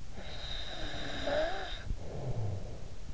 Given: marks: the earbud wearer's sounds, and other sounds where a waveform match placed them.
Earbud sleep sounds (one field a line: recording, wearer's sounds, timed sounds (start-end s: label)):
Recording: sounds in sleep by an in-ear microphone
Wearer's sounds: snoring breath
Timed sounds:
0.00-3.14 s: snoring breath